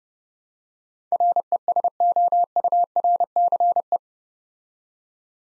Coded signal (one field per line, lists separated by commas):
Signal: Morse code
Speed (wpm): 30 wpm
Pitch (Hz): 700 Hz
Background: none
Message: RESOURCE